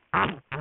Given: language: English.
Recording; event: throat vibration sensor signal played as sound; throat clearing